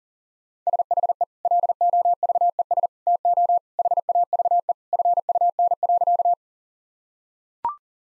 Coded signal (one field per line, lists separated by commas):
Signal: Morse code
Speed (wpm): 40 wpm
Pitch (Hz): 700 Hz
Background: none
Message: SHE LOVES TO HAVE FUN.